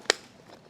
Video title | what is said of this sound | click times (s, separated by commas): 2024 What are the Best BCD Weight Pockets Systems | hear it click. So now it's locked in place. | 0.1 s